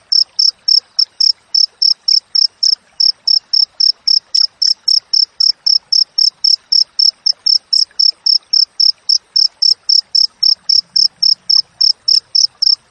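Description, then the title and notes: Cricket song, a long even series of bright high chirps, closely spaced at roughly four per second, continuing without pause throughout. Clear wild cricket chirping with tight spacing, intended as tutor audio for training songbirds and for repelling rats. "Masteran Jangkrik Alam Jernih, Jeda Rapat Cocok Untuk Masteran Burung Dan Mengusir Tikus. suara jangkrik"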